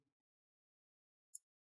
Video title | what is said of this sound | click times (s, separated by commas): How to Upgrade RAM for DELL Inspiron 16 5620 Laptop | and then you just want to wiggle it around you want to hear those nice big click sounds that's what you want to hear | 1.4 s